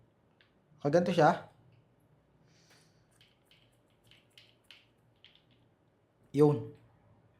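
An Ulanzi SC-02 4.5-inch suction cup camera mount is handled against a car windscreen while someone talks, and a few soft, short ticks and taps are heard between about 3.5 and 5.4 seconds. Nothing has seated or clicked yet; the mount has not yet gripped the windscreen by the end.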